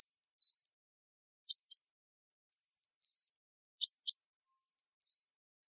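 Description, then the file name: Sunbird calls: a wavering whistle with a lower twisting note, alternating with pairs of sharp high chips, in clean silence. "Tieng chim hut mat"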